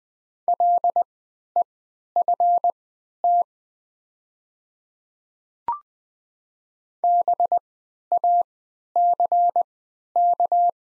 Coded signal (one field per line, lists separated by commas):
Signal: Morse code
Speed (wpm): 20 wpm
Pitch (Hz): 700 Hz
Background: none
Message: LEFT BACK